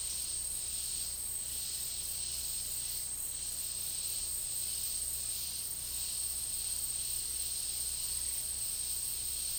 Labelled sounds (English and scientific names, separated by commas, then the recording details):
none
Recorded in dense forest near Puerto Asís, Putumayo, Colombia, on 19 March 2025 at 11:30
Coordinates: 0.503, -76.323
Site GP09